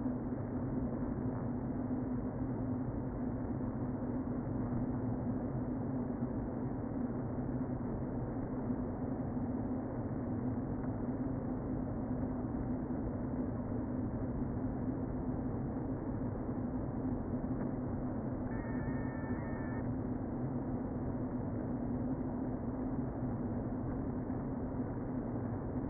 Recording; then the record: honeybee colony, microphone inside the hive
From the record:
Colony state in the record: queen present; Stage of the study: before two queens were removed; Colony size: about 60,000 bees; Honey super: yes